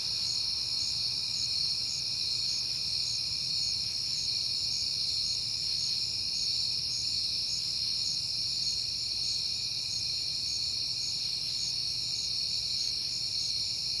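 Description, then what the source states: Dense cricket chorus of sustained high trills and rapid rhythmic chirps, steady for the whole stretch over a quiet low hum. Recorded on a peaceful night in September.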